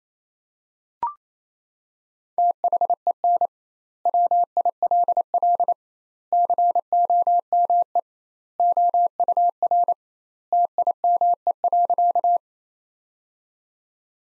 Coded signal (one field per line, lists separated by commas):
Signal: Morse code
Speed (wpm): 28 wpm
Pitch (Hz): 700 Hz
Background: none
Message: THEN WILL COME OUR TIME.